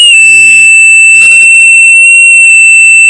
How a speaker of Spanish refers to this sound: Ahora pitido. Pitido.